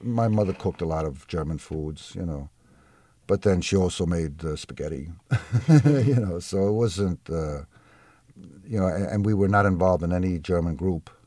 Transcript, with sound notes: My mother cooked a lot of German foods, you know. But then she also made spaghetti, [laughs] you know, so it wasn't — and we were not involved in any German group